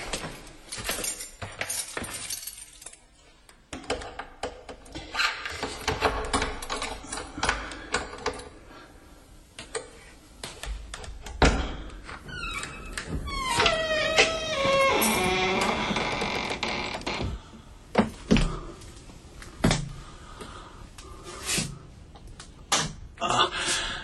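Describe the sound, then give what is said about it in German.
Keys jingle and metallic clicks sound as the key to room number 10 is worked in a lock in a building on Rue Payan, followed by a door creaking open with a rising, squeaky groan, then scattered knocks and clatter. “Ich zog den Schlüssel von Nummer 10 heraus, den ich bei meinem K.O. mitgenommen hatte, und öffnete.”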